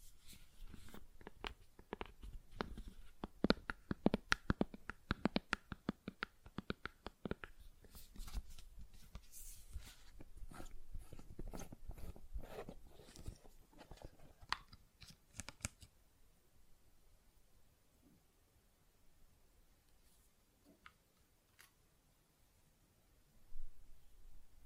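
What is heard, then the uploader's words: Hands work gel lotion with dense, quick wet clicks and smacks for about fifteen seconds, then stop, leaving near silence with a few faint ticks. ASMR Gel Lotion Hand Sounds (No Talking).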